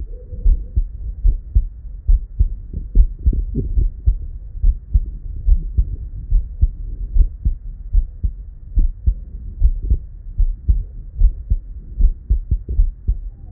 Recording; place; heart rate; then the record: heart sounds by stethoscope; Erb's point; 74 bpm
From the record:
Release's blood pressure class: elevated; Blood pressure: 129/77 mmHg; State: at rest